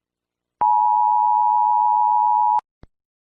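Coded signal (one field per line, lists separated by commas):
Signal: Emergency Alert System (SAME) tones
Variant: 853 and 960 Hz attention tone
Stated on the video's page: Fictional EAS scenario alert for an asteroid impact.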